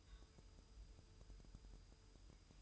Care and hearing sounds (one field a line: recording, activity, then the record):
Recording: daily activity, microphone in the room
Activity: take from stove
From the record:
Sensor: 2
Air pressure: 988.1 hPa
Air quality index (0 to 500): 191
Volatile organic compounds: 187 ppm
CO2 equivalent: 4168 ppm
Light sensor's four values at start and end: 21/70/27/26 and 21/70/27/26